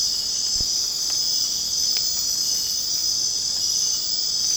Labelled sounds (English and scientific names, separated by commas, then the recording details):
none
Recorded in secondary vegetation near Puerto Asís, Putumayo, Colombia, on 27 June 2025 at 21:00
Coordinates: 0.484, -76.319
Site G074